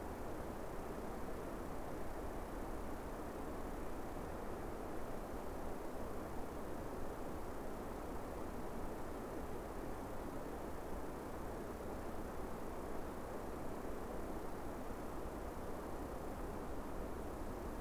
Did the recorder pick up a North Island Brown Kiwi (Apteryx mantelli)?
no